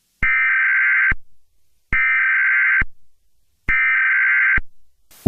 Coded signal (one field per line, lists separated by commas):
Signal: Emergency Alert System (SAME) tones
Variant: header bursts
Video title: [EAS Scenario] The Dueling Pandemics